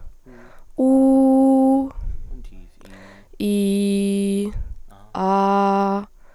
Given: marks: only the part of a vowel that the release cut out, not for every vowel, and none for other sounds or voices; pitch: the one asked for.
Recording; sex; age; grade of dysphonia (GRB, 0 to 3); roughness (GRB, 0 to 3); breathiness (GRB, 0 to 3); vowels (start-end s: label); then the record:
sustained vowels; female; 20 to 29 years; 0; 0; 0
0.84-1.75 s: vowel /u/, high pitch
3.46-4.38 s: vowel /i/, low pitch
5.19-5.95 s: vowel /a/, low pitch
From the record:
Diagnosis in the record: healthy voice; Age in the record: 22 years